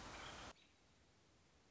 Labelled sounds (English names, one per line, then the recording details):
American Robin
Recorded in Sonoma County, California